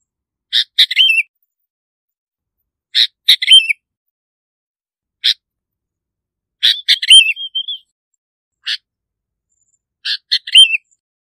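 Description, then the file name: Bulbul: short harsh notes every few seconds, often leading into brief falling, wavering whistled phrases. "Tieng chao mao bong lau"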